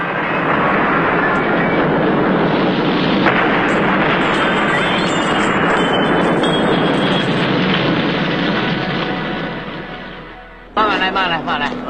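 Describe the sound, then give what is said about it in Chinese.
A loud gas explosion, caused by gas left turned on, roars into a dense, rumbling blast that stays heavy for about ten seconds before fading, followed by a sudden cut to voices talking. “临走时他拧开了煤气并扬长而去。”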